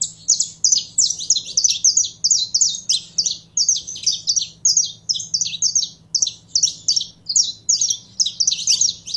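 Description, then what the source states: Canary song of dense, fast repeated high chirps running almost nonstop, a rolling, energetic trill-like pattern over a low background hum. Purebred Belgian canary singing.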